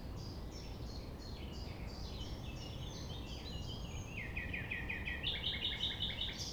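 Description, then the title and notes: Common nightingale song: repeated descending chirped notes sliding lower, then a fast loud series of sharp repeated notes, with steady low background noise. Recorded at 6 a.m. at sunrise near the Thève river at Champ de Ménage; the nightingale sings without waiting for silence. "6 A.M. Lever du soleil non loin de la Thève au Champ de Ménage. Le rossignol n'attend pas le silence."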